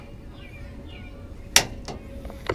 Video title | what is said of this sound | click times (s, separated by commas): The Easiest Toyota Tundra Part Install Of All Time! | over to the other side same thing you will hear a click and | 1.6 s